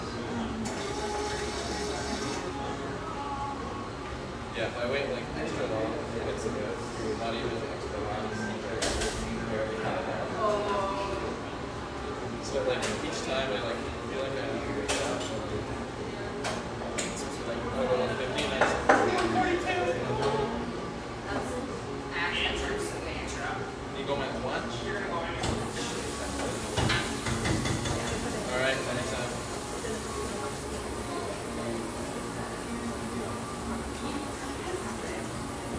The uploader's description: lively ambience from this rustic, bayside coffeeshop